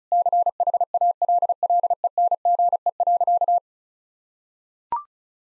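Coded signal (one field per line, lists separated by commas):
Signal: Morse code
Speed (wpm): 34 wpm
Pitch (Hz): 700 Hz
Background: none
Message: CHALLENGE.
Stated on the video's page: Morse code practice sentences of common four-word phrases sent at 35 wpm, for head-copy training.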